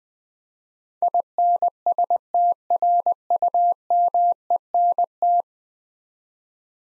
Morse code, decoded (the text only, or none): INSTRUMENT